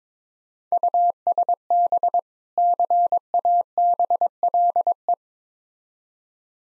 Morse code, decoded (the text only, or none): USB CABLE